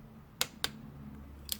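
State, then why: Torque reached. A torque wrench set to 14 Nm tightens a spark plug into the cylinder head of a Kymco People S 125 scooter engine. Sharp, loud clicks at 0.4 s and 0.6 s show the wrench reaching its setting, followed by a quieter low hum and a fainter sharp tick near 1.5 s.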